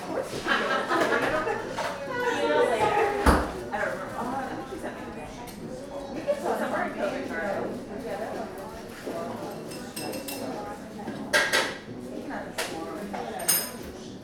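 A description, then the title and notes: A crowded coffee shop fills with overlapping chatter from many young voices, steady and dense throughout. Dishes and cutlery clink now and then, with a sharp knock near three seconds and brighter clatters around ten to fourteen seconds. Captured in a recently opened trendy coffee shop in a large city. The shop is full of young people, with standing room only.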